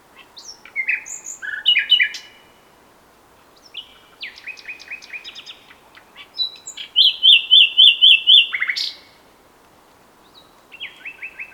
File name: Luscinia megarhynchos